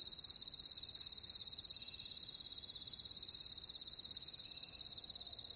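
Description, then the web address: Crickets chirping in a continuous high-pitched chorus that drops noticeably in loudness near the end. "ENTER Music and Audio J - Nature Songs Nature Sounds Sounds of Nature Collection Crickets"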